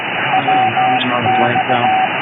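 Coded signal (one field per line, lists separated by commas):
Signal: Morse code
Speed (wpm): 16 wpm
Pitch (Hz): 760 Hz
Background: speech, radio noise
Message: W X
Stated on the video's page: Heard on CB radio.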